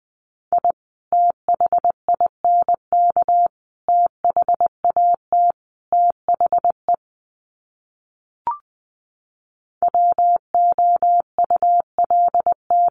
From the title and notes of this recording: Sets of 4 Words 20wpm. First, the words are sent in Morse code.